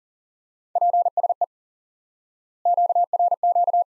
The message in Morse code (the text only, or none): PSE QRQ